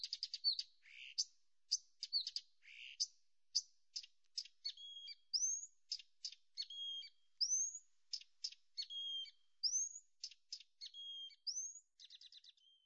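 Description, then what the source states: Blyth's reed warbler delivering a steady stream of varied chips, rising whistled slurs and ticking notes, unhurried and repetitive, with no other sounds. Nominate subspecies, Acrocephalus dumetorum dumetorum.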